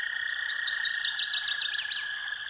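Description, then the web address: Northern waterthrush song, a rapid series of bright chips that grows louder into emphatic down-slurred notes, over a constant high humming background. "Dan Gibson's Solitudes Songbirds Northern Waterthrush"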